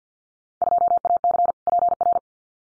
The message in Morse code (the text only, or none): 2AC PR